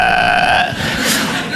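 A brief voiced, bleat-like snort ending in a noisy rush of air: an adult man's imitation of a sleep apnoea gasp, the sound made after sleeping normally, stopping breathing, and resuming after 5 to 6 seconds.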